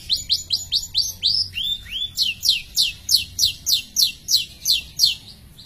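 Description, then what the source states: Long-tailed shrike song: a fast series of sharp whistled notes, about three per second, briefly slowing midway before resuming. Recording of varied birdsong used as masteran, a tutor recording for training songbirds.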